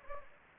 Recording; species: mosquito wingbeat signal from an infrared sensor; Anopheles gambiae